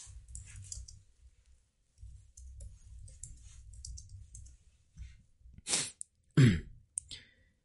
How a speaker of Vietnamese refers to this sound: Mình vẫn đang bị ho nên có gì anh em thông cảm nhé.